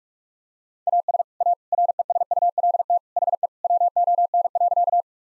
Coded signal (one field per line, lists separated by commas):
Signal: Morse code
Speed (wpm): 43 wpm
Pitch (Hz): 700 Hz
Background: none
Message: AS A RESULT HE WON.